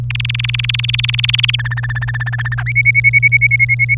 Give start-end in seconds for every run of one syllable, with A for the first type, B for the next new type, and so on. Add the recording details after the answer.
0.10-1.56 A, 1.59-2.54 B, 2.66-3.95 C. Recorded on 27 April 2018 at 06:20. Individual llb3